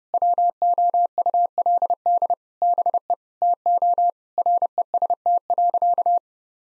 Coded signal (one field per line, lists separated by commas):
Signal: Morse code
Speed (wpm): 30 wpm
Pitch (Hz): 700 Hz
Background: none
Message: WOULD BE TO REST.